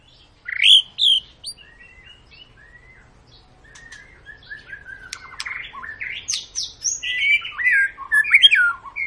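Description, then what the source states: White-rumped shama song: varied whistled and chattering phrases, sparse at first then building into a dense run of rising notes and sharp trills toward the end. Long, lively (gacor) lure song to make birds sing.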